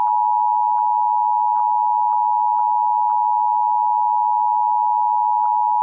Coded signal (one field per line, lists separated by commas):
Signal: Emergency Alert System (SAME) tones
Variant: 853 and 960 Hz attention tone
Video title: EAS Minnesota Required Monthly Test on TPT (PBS)